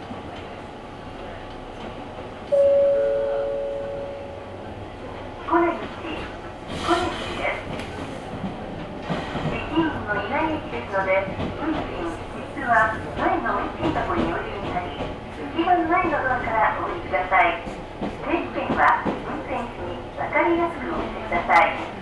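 A ride on the Ohmi Railway, with the train's steady low rumble running under the whole recording. Around the third second a brief two-note tone sounds, and from about five seconds on a voice speaks almost continuously until the end.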